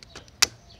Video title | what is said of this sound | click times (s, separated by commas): Yuneec Typhoon H Unboxing HD | you have to push until you hear it snap | 0.4 s